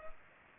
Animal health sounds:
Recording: mosquito wingbeat signal from an infrared sensor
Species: Culex pipiens

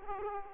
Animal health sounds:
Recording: mosquito wingbeat signal from an infrared sensor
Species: Aedes aegypti

